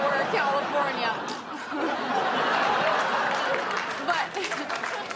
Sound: soundbite of laughter and applause

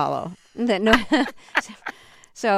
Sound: soundbite of laughter

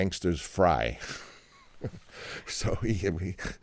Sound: laughter

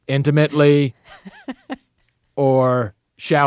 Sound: soundbite of laughter

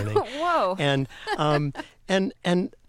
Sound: laughter

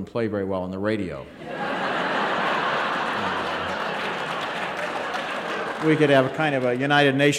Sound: soundbite of laughter; soundbite of applause

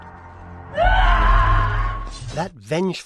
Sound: screaming

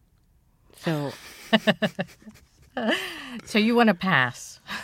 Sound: laughter

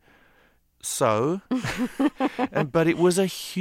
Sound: laughter

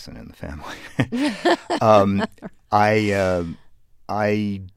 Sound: soundbite of laughter

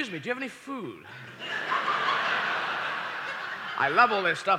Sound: soundbite of laughter

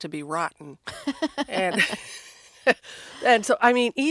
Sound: laughter

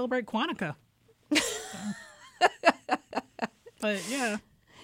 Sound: laughter

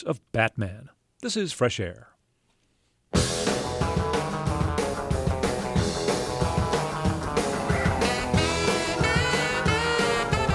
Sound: Soundbite of 1949 Batman movie serial

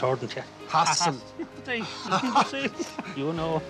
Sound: laughter

